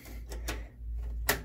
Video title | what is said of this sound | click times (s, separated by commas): How to Build a Computer | it snaps into place sometimes | 1.3 s